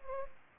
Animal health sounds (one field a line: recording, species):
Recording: mosquito wingbeat signal from an infrared sensor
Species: Culex pipiens